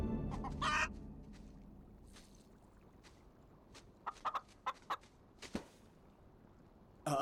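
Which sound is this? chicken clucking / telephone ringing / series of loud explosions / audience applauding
chicken clucking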